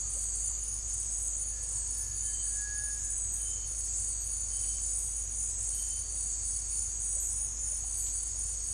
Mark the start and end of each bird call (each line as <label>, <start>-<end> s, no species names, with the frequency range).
bird call (1.3-2.3 kHz), 2.20-3.14 s